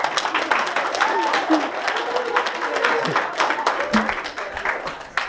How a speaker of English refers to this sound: Can you all see me? Clap for me.